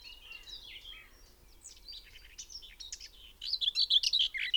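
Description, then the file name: Common whitethroat song: a harsh, rapid, chattering warble at the end, after softer twittering. "Grasmus Sylvia communis"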